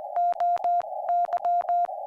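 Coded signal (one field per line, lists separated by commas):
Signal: Morse code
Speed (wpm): 21 wpm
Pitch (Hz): 700 Hz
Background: none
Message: OY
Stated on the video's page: Live CW on a Summits on the Air activation on Kagel Mountain with a homebuilt high-band QMX QRP rig, audio taken straight from the radio.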